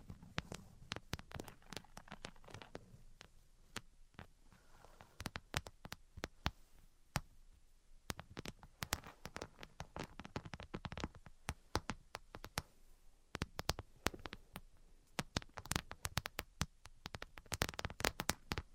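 Quick, irregular tapping and scratching clicks in dense bursts, with a soft rubbing underneath and a brief quieter stretch near the middle.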